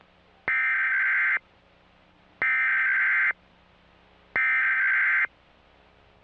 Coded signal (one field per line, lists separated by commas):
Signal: Emergency Alert System (SAME) tones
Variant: header bursts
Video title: The history of the emergency alert systems (eas)